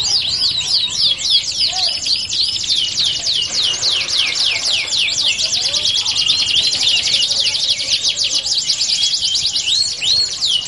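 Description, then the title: Belgian canary song of dense rolling trills, with rows of quick downslurred notes repeated at a rapid pace. Song played to warm up canaries and prompt them to sing; said to make canaries join in within seconds. "Canto Para Esquentar Canário Belga. LANGSUNG NYAUT. Pancingan suara kenari hitungan detik langsung ikut bunyi"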